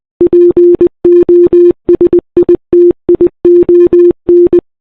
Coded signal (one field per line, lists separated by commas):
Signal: Morse code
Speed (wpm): 20 wpm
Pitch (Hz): 350 Hz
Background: none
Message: POSITION